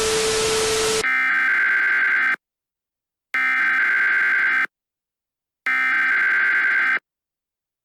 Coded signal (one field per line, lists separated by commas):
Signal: Emergency Alert System (SAME) tones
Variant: header bursts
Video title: EAS Scenario: The Underground Monster [FULL]